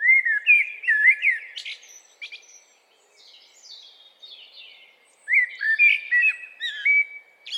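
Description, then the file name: Eurasian blackbird: two loud warbled song phrases, mellow low notes rising to squeaky high ends, with quieter high twittering between them. "Turdus merula"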